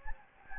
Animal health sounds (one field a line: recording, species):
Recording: mosquito wingbeat signal from an infrared sensor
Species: Anopheles gambiae